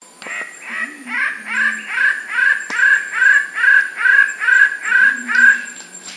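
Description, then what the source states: King bird-of-paradise calls, a fast steady series of harsh nasal arched notes, about two per second, growing louder and then fading slightly at the end. Papua New Guinea.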